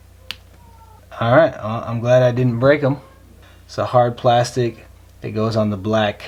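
A silicone ear tip is pulled firmly off the hard plastic mount on the nozzle of an Apple AirPods Pro earbud, giving a single sharp snap at 0.3 s as it pops off without breaking. Someone then talks.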